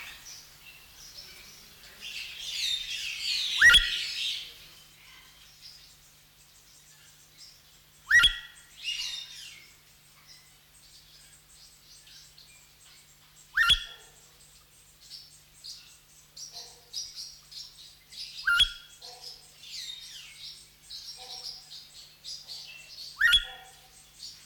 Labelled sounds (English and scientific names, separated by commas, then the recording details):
Elegant Crested Tinamou (Eudromia elegans) call
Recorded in captivity
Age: adult
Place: Zoo Berlin, Berlin, DE
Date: 1994-01-15
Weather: wechselnd wolkig, +5 °C
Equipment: Marantz CP 430, Sennheiser MKH 416 T, Kopie Uher Variocord 263
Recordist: Tembrock, Günter